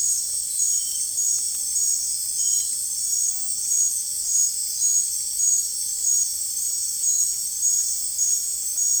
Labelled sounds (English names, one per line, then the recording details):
none
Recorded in dense forest near Puerto Asís, Putumayo, Colombia, on 23 June 2025 at 20:00
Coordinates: 0.503, -76.323
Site G059